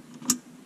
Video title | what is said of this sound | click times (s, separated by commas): Montaggio kit LED H4 SMART 453 (How to install kit led smart 453) | ora si vedrà bene che andrà ruotata fino al click che | 0.3 s